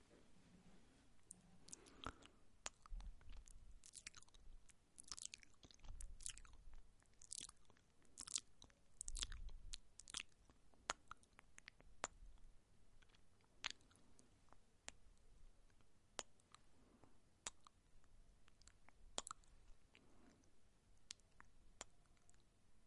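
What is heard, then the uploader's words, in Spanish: A woman makes mouth sounds: wet clicks, smacks and crunchy chewing noises arrive in irregular clusters, busiest in the first ten seconds. Later the sounds thin out into scattered sharp clicks with short quiet gaps, over a faint low rumble. Relajantes sonidos con la boca de mujer sensual.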